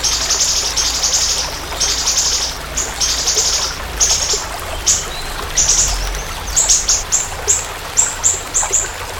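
Siri-siri bird: long buzzy high trills at first, then a series of short, sharp piping notes, all very high-pitched.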